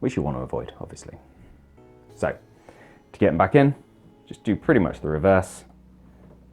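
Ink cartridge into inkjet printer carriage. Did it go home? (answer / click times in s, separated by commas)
no / none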